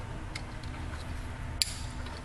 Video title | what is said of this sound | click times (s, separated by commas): Diesel-Up Garage: Ford 6.0L Truck Edition Module Installation | go ahead and Slide the map sensor until you hear the click | 1.6 s